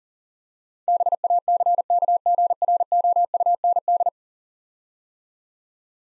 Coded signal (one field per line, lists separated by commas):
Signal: Morse code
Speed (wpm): 40 wpm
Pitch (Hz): 700 Hz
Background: none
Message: BACKGROUND